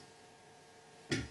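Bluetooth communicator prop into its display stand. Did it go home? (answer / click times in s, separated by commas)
yes / 1.1 s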